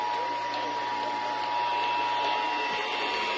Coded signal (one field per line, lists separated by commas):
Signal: Emergency Alert System (SAME) tones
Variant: 853 and 960 Hz attention tone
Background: speech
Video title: DOUBLE SVR ANOTHER SEVERELY TIMES... EAS Alerts from 8/18/25 (EAS#4,548 - 4,576)